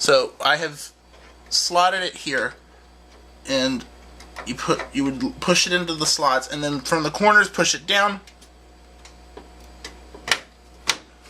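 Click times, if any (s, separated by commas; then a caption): 10.3 s, 10.9 s. A RAM stick is pushed down from its corners into a motherboard DIMM slot while someone talks. Two sharp clicks at 10.3 s and 10.9 s mark the retaining arms locking, and the memory module is seated.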